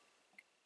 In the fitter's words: Cams out and releases and lets me know that I have achieved the proper torque.